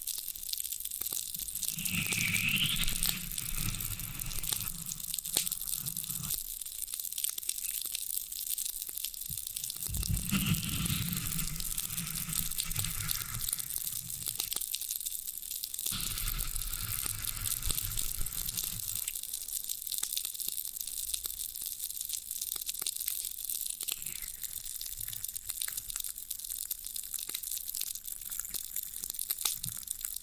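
Floral foam being pressed and crushed, a dense crunchy crackle with bursts of low thudding pressure near 1, 10 and 16 seconds.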